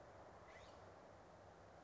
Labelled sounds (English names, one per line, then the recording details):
California Scrub-Jay
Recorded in Sonoma County, California